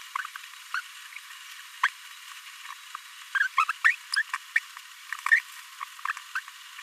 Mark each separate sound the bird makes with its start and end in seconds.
0.74-0.81, 1.83-1.88, 3.35-3.39, 3.58-3.64, 3.69-3.71, 3.84-3.95, 4.16-4.22, 4.56-4.59, 5.31-5.39, 6.35-6.39